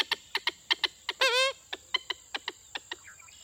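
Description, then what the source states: Common Moorhen giving a sharp clicking series, broken by one short, nasal call with strong harmonics midway. Two pairs of common moorhens squabbling at Lacassine Pool, in the coastal marshes; a replay of the encounter.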